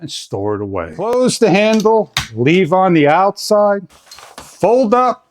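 Someone talks while folding up an Overmont collapsible all-terrain wagon cart with 3.2-inch-wide wheels and 150 L capacity, handling the frame lock that has a red-marked side. Brief faint handling noises sit between the speech. The frame lock has not snapped into place yet, and nothing has seated or clicked.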